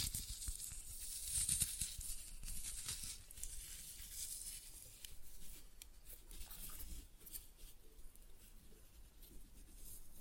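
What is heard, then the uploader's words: Floral foam covered in glitter is crushed, giving a dense, dry crackling and crunching that stays bright and hissy throughout. The crunching is fullest in the first couple of seconds, then settles into a steady, slightly thinner run of tiny snaps and scratches, with soft low thuds underneath. Floral Foam Glitter Bomb Crushing.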